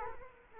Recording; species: mosquito wingbeat signal from an infrared sensor; Culex quinquefasciatus